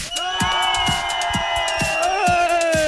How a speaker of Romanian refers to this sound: Mamă, ce grăgie aici! Ce fluierături, ce nebunie, ce fluiere de dimineață, ce vuvuzele!